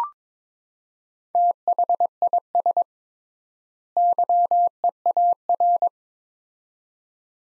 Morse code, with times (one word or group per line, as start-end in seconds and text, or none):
1.4-2.8 THIS
4.0-5.9 YEAR